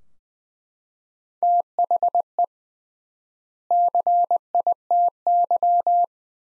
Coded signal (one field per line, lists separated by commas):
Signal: Morse code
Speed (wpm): 20 wpm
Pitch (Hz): 700 Hz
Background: none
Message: THE CITY